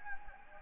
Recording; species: mosquito wingbeat signal from an infrared sensor; Anopheles gambiae